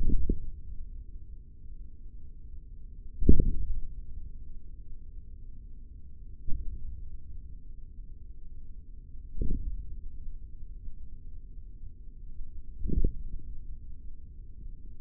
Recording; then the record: forearm muscle sounds (acoustic myography)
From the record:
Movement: hand closing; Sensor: system 3, bracelet of six PUI Audio POM-2738L microphones around the upper forearm, with dedicated amplification and filtering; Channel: 6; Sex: male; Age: 25 years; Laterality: right